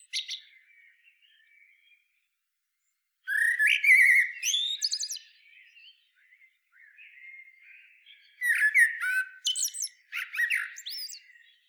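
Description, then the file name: Common blackbird singing mellow whistled phrases that turn into high, squeaky flourishes, with a quiet low warble in between and a final rich phrase. "Turdus merula"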